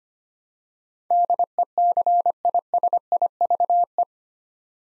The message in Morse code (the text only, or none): DECISIVE